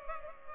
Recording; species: mosquito wingbeat signal from an infrared sensor; Culex pipiens